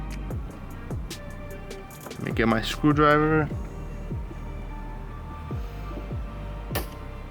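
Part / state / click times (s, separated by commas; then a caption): gas strut socket end onto trunk ball stud / seated / 6.8 s. A new trunk gas strut on a BMW E36 M3 has its socket end pushed back onto the trunk ball stud, with a screwdriver used to help, while someone talks over steady background music. A sharp click at 6.8 seconds marks the strut end seating in place.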